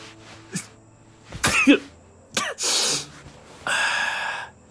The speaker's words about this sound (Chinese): 她从地上捡起一朵花放在鼻尖嗅了嗅，随后打了个喷嚏。